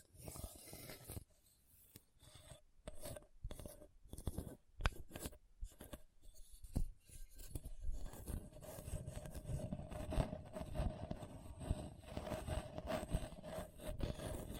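Scratching on a hard, bumpy surface, with rough rasping strokes. The first eight seconds are broken into short bursts separated by brief gaps. After that the scraping turns continuous and denser, with a steady low rumble and a faint sustained tone underneath.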